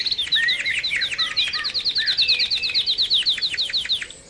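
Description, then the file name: Canary song, a rapid run of high chirping notes repeated quickly, ending abruptly. Canary song recording used for training other birds, called terapi. "kenari terapi omkicau"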